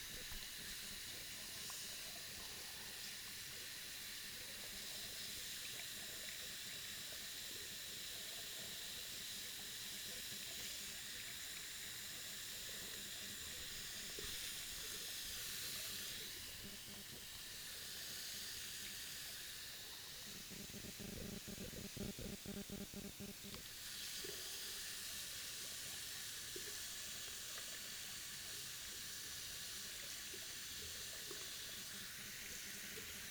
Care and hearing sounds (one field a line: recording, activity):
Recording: daily activity, guitar pickup as the sensor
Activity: wash hands